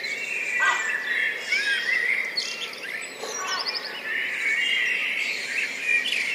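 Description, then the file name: Blackbird chorus of overlapping melodious warbles, with brief high chirps. Several blackbirds, recorded 10 June 2014 at 03:29, high-pass filtered. "140610-0329 blackbirds"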